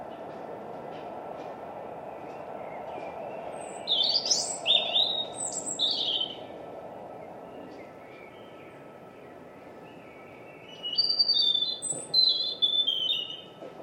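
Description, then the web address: European robin song: two high, varied warbling phrases separated by a long pause, with squeaky and liquid notes over a faint steady hum. "Deverinetal 2025"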